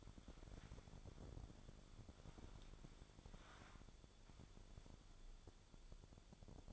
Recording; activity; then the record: daily activity, microphone in the room; wipe stove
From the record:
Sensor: 5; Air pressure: 1015.1 hPa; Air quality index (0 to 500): 140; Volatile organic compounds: 3 ppm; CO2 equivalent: 1512 ppm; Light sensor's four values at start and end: 36/84/34/36 and 35/84/34/36